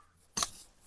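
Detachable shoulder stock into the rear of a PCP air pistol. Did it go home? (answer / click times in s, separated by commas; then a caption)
yes / 0.4 s. A detachable shoulder stock with two snap-in points and a button is fitted into the rear of a Reximex RPA PCP air pistol. A single sharp click sounds at 0.4 s, followed by a short ringing tail over quiet background. The stock snaps into place and is seated.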